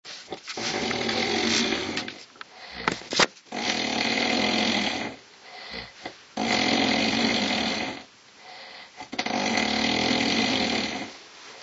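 Loud, harsh, rasping snores come in long noisy bursts of about one and a half seconds, separated by short quiet pauses. There are about four snores in twelve seconds, roughly twenty breaths a minute. This is heavy snoring in a 50-year-old man weighing 160 kg.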